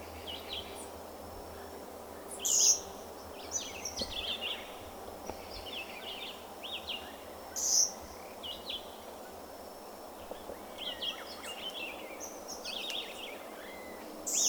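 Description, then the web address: Violaceous euphonia song: varied twittering phrases and slurred notes, broken by piercing high calls roughly every five seconds. "Euphonia violacea. صدای-پرنده-خوشخوان-بنفش-گون"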